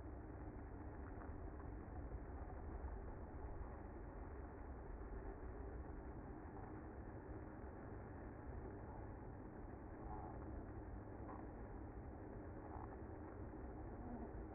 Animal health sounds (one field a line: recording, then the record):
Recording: honeybee colony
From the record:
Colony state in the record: active